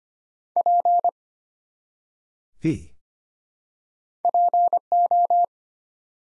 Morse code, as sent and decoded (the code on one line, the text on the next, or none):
.--. / .--. ---
P PO